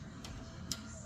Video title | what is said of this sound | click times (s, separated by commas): Pocket Door Repair Services – Window Repair Man #pocketdoors | um solid metal with a positive engagement so it clicks into place | 0.7 s